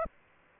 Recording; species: mosquito wingbeat signal from an infrared sensor; Aedes aegypti